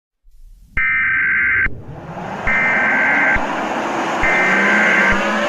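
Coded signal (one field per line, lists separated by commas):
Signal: Emergency Alert System (SAME) tones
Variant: header bursts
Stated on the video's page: Fictional EAS scenario.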